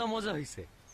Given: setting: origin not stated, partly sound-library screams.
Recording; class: one-second piece from a danger detection set; normal situation